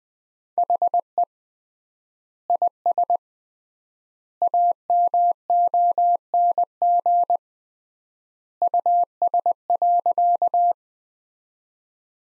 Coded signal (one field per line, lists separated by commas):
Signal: Morse code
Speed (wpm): 20 wpm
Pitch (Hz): 700 Hz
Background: none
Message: HE IS AMONG US.